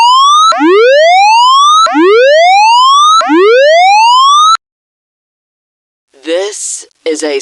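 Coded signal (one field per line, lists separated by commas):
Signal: siren signal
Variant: tsunami siren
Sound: electronic siren rising in pitch three times in quick succession, then silence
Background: brief speech at end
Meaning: All clear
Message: 3 rising sweeps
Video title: Tsunami Siren Signal All Clear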